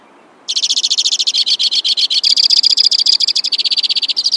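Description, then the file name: White-winged crossbill singing a long, fast, buzzy trill that shifts pitch partway through and keeps going steadily to the end. "suara-kicauan-burung-white-winged-crossbill -omkicau"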